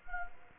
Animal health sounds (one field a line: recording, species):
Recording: mosquito wingbeat signal from an infrared sensor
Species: Culex quinquefasciatus